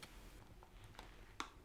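A removable dynamic boom microphone is pulled out of its socket on the left ear cup of a tactical headset. A few faint ticks are heard first, then a sharp, bright click at 1.4 s as the plug comes free and the mic is released.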